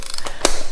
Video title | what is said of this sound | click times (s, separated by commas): See How Easy It Is To Change Your Harley's Rear Tire - 06 Road King Build Part 4 | I hear that click and then | 0.5 s